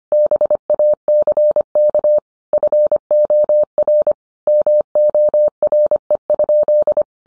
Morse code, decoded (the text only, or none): BACK FOR MORE?